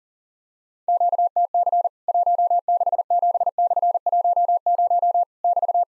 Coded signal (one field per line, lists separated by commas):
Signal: Morse code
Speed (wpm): 40 wpm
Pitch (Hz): 700 Hz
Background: none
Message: QTC 167/10 <BT>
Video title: Worked All Europe DX Contest QTC Exchange with Repeats 40wpm